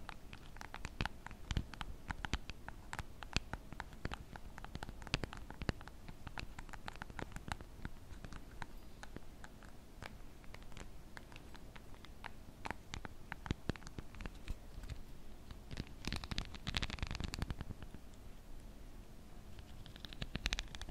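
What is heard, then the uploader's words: Dense tapping and rummaging through toys, with quick irregular clicks and light scratching, plus a brighter rustle around seventeen seconds. ASMR Exploring Toys ASMR Tapping, Rummaging.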